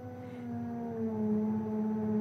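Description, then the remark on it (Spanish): A power drill whines steadily for a couple of seconds, a buzzy, harmonic drone whose pitch sags slightly as it grows a little louder, with no voices over it. “Fíjate si la gente quiere saber de filosofía, que taladran para entrar a escuchar de Demócrito.”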